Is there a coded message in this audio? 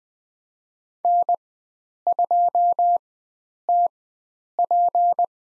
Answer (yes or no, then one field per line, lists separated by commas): yes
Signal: Morse code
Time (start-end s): 1.1-5.2 s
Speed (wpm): 21 wpm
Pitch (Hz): 700 Hz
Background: none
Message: N2TP